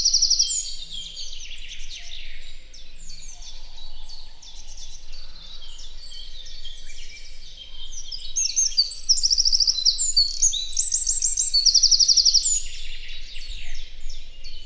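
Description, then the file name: Eurasian wren song: scattered high twitters at first, building to loud, fast metallic trills near the end. "Troglodytes troglodytes"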